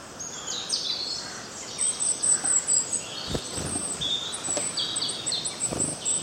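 Birds chirping: thin, high twitters and short whistled notes repeated throughout, over a steady background hiss with a few soft low thumps.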